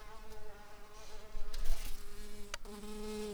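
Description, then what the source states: Shrill carder bee buzzing: a steady, low, droning hum with a stack of even overtones, shifting slightly in pitch, broken by brief clicks and knocks. Queen bumblebee.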